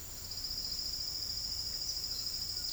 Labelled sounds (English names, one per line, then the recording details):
none
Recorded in pastures near Puerto Asís, Putumayo, Colombia, on 8 March 2025 at 08:30
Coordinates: 0.472, -76.329
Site G074